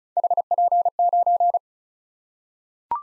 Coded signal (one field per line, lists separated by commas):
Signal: Morse code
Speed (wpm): 36 wpm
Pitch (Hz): 700 Hz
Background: none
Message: HP9